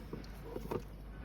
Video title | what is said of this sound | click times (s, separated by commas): How to Vacuum Your Pool Manually - A Step-by-Step Guide on Pool Maintenance by Countrywide Pools | And there it is, locked into place. | 0.7 s